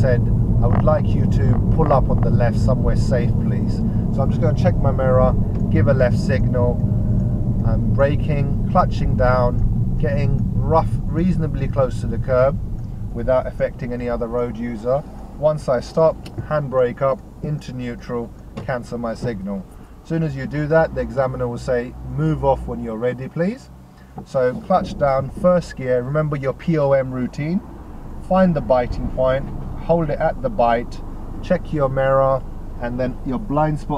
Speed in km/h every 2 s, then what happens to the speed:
37, 34, 29, 24, 18, 10, 0, 0, 0, 0, 0, 0, 0, 0, 0, 0, 0.
0-12 slows to 0. 12-34 standing.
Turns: none.